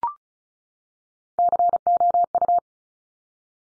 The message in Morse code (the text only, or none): COU